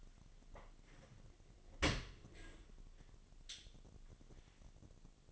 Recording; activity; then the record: daily activity, microphone in the room; open dishwasher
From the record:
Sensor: 4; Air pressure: 1007.6 hPa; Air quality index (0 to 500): 200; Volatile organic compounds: 7 ppm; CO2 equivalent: 1991 ppm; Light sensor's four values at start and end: 22/70/26/26 and 22/69/26/26